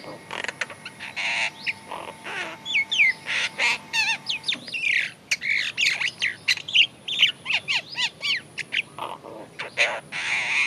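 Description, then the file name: Great myna calls: a busy run of harsh squawks, clicks and wavering whistled notes, in quick bursts with short pauses throughout. "Acridotheres grandis"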